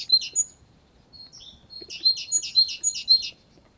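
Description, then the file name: Great tit gives a few sharp high notes, then thin quiet whistles, then a fast burst of bright chirping notes lasting over a second. "Parus major"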